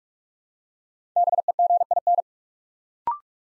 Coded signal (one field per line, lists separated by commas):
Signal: Morse code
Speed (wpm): 44 wpm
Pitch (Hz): 700 Hz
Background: none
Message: BEGIN